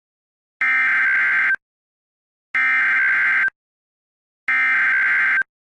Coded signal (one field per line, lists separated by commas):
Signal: Emergency Alert System (SAME) tones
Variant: header bursts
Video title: EAS scenario #1: The Blood Moon